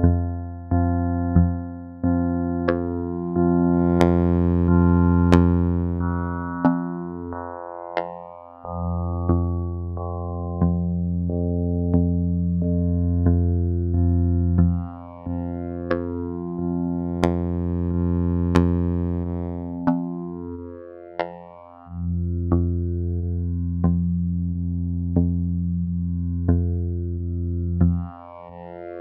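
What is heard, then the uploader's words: Vactrol drone tones: a low, sustained buzzing drone with stacked steady pitches, broken by brief dropouts near 8, 15 and 21 seconds. Sharp clicks recur every second or so, and bright upper tones rise and fall in slow sweeps above the hum. Vactrol Drone Tones.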